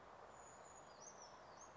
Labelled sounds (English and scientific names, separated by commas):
Western Flycatcher (Empidonax difficilis)